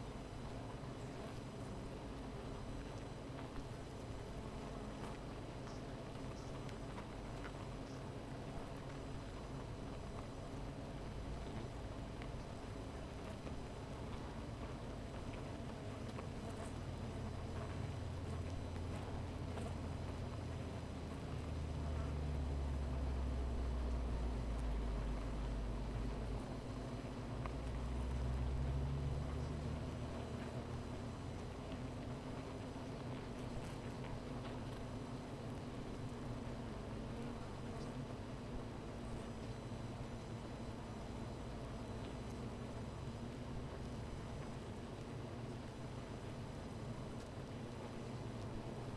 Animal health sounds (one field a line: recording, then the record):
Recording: honeybee colony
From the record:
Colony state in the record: missing queen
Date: 14 July 2017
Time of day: 13:47